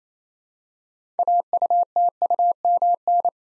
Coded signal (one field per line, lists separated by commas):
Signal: Morse code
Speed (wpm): 28 wpm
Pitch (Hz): 700 Hz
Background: none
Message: AUTUMN